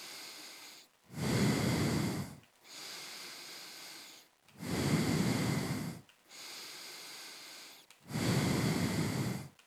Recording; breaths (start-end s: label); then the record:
nose breathing near a microphone
0.00-0.93 s: inhalation
0.93-2.38 s: exhalation
2.38-4.48 s: inhalation
4.48-6.08 s: exhalation
6.08-7.88 s: inhalation
7.88-9.58 s: exhalation
From the record:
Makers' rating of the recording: medium